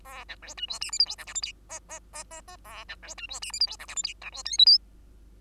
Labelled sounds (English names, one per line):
Bengalese Finch song